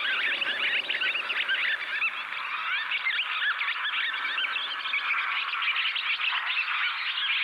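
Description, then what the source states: Barn Swallow song: warbled, squeaky twittering with looping slurred notes, steady and continuous through the whole stretch. Swallows singing their rapid-fire song at natural speed beside grazing cattle at Ryan Vella, West Clare, Ireland.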